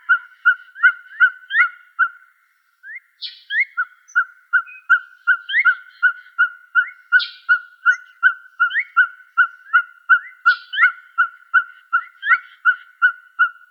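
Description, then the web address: Ferruginous Pygmy-Owl calling, a long even series of short whistled toots, nearly three per second, with a brief pause early on and occasional higher rising notes. Recorded in Arizona on 17 March 2007. "Owls AZFO FEPO deviche 031707"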